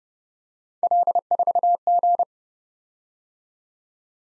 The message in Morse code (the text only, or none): L4G